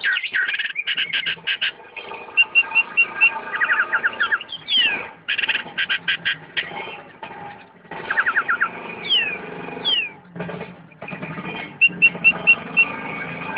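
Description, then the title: Oriental magpie-robin song, a busy run of rapid chattering notes, buzzy trills and sweeping whistles. "Kicau Kacer"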